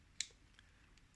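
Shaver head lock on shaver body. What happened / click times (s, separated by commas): A plastic lock clicks into place / 0.2 s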